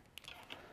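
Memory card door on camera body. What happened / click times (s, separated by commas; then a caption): The small plastic flap snapped shut / 0.2 s. After an SD card is inserted, the plastic memory card door on a Nikon DSLR camera body is closed securely with a sharp snap at 0.2 s. Softer clicks and handling noise follow at about 0.3, 0.5 and 0.8 s. The card compartment flap is seated and shut.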